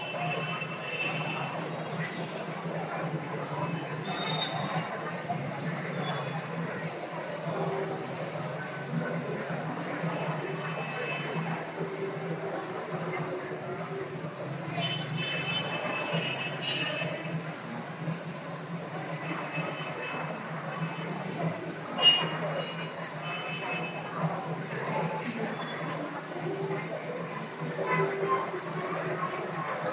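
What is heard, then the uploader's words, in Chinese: Medicine Buddha chanting at Xiamen's Shishi Chan temple: a steady, dense, low murmur of voices continues unbroken for the whole half minute. Short bright ringing tones sound near 5 and 15 seconds, and sharp louder knocks stand out around 15 and 22 seconds. 厦门石室禅院，药师如来。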